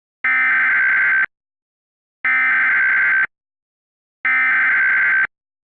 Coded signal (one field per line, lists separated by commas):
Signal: Emergency Alert System (SAME) tones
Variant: header bursts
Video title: EAS Scenario 100 Subscriber Special Terror Attack On America